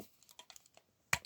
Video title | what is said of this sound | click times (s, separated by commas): Transformers Generations Dirge | clicks into place and just remember to turn his head that way | 1.1 s